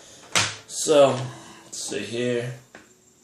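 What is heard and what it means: A battery is handled at the battery bay of an HP 4440s ProBook laptop after a screen replacement, while someone talks. A faint short knock is heard near the end, but nothing has seated or clicked yet.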